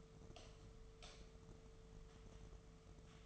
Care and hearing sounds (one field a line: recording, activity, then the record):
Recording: daily activity, microphone in the room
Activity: light off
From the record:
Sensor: 4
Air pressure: 1015.4 hPa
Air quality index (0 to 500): 171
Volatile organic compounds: 7 ppm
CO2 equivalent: 1979 ppm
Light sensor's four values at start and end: 27/66/28/30 and 27/63/27/29